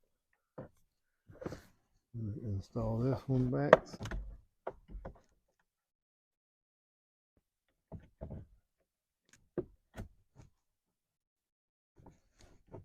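A wiring connector is handled while being reinstalled into its mating plug during a remote start installation on a 2011–2019 Ford Fiesta that uses the factory remote. Someone talks over a few short plastic taps and knocks, and the connector has not seated or clicked home yet.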